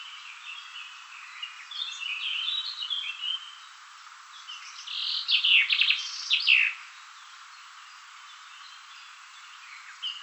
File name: Fringilla coelebs